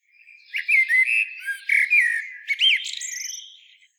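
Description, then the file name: Common blackbird song: a continuous run of mellow warbled notes with rising and falling slurs, mixed with thin high twitters toward the end. "Turdus merula"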